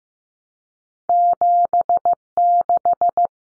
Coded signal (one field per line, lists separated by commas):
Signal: Morse code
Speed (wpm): 15 wpm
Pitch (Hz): 700 Hz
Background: none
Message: 76